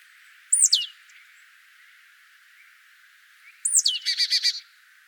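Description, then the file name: Marsh tit giving two high, downward-sweeping call notes, the second followed by a quick run of buzzy, scolding notes; faint background hiss. "Poecile palustris"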